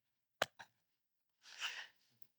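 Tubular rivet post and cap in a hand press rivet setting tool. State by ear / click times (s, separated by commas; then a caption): seated / 0.4 s. A tubular rivet, with its long-stem post through a fabric project and a cap on top, sits in the bottom cup of a Prym Vario Creative Tool hand press and is pressed down until it clicks. A sharp click at 0.4 s is followed by a softer click at 0.6 s, a brief broadband rustle from about 1.4 to 1.9 s, and a faint tick at 2.2 s. The rivet is set on the project.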